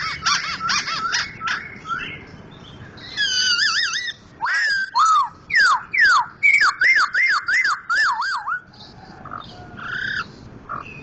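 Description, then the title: White-crested laughingthrush song: harsh chatter first, then a fast string of loud looping whistled notes, ending with quieter calls. Sumatran type; loud voice; national champion bird. "Poksay Hongkong gacor mantab (Gathutkaca)"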